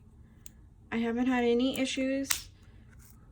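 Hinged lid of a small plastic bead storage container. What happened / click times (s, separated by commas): The plastic lid snapped shut / 0.5 s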